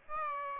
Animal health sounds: mosquito wingbeat signal from an infrared sensor; Aedes aegypti

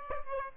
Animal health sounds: mosquito wingbeat signal from an infrared sensor; Aedes albopictus

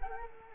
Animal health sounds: mosquito wingbeat signal from an infrared sensor; Culex quinquefasciatus

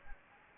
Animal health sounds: mosquito wingbeat signal from an infrared sensor; Anopheles gambiae

